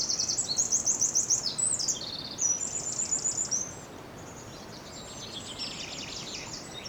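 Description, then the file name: Eurasian wren singing a rapid, high-pitched run of rattling trills and clipped notes for nearly four seconds, followed by softer twittering. "Troglodytes troglodytes"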